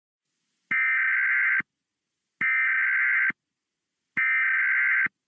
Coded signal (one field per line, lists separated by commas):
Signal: Emergency Alert System (SAME) tones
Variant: header bursts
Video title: EAS Scenerio: A Weird Coincidence Ghost Attack